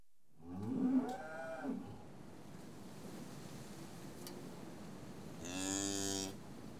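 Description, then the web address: Cattle lowing: a wavering moo at the start, then quiet, then a second steady, drawn-out moo near the end. Farm livestock; cattle recorded while being tested. "The BBC Sound Effects Library. Cattle Being Tested"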